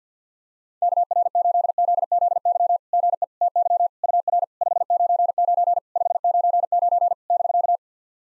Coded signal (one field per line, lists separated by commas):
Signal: Morse code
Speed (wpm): 50 wpm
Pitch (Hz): 700 Hz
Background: none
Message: KR8ZZY GE TY UR 599 599 <BK>